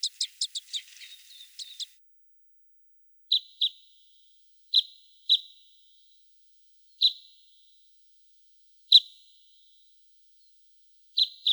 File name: klest elovik golos